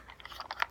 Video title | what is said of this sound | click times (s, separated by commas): Which mod is best for your needs? | Bottom loader just clicks right into place like that. | 0.6 s